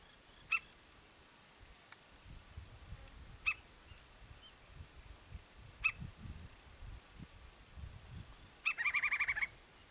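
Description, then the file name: Woodpecker calls: single sharp, high notes spaced a few seconds apart, then a quick rattling burst of about eight notes near the end, over a low rumbling background. "canto do pica pau"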